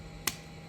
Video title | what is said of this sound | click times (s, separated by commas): Cell Phone Volt Successfully Repaired All details shared | There. Okay. They all click into place there. Okay. Goes like that. | 0.3 s